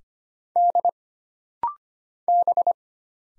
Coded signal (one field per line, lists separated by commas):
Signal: Morse code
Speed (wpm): 25 wpm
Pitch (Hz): 700 Hz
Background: none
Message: D B